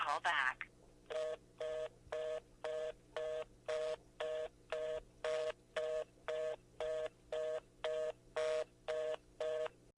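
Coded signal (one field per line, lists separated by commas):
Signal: telephone call progress tone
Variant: North America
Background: speech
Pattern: reorder tone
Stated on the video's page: Fake EAS scenario.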